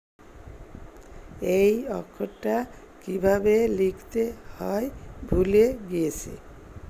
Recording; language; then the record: elicited speech; Bengali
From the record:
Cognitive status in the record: dementia